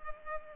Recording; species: mosquito wingbeat signal from an infrared sensor; Culex pipiens